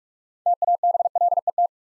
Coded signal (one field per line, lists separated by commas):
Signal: Morse code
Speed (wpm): 44 wpm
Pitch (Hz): 700 Hz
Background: none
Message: TABLET